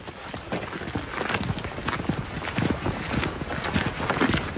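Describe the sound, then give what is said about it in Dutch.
Steady footsteps walking outdoors, a continuous run of crisp, crunchy steps at an even pace, moderately loud, with no talking over them. “Ja, we lopen nu weer even die kant op, want daar heb ik dan ook nog wat speciaals.”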